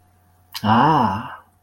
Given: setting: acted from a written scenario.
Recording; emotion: vocal sound without words; desire